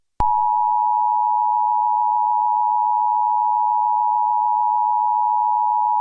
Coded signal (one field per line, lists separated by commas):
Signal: Emergency Alert System (SAME) tones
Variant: 853 and 960 Hz attention tone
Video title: EAS Scenario #2 - Seattle Attack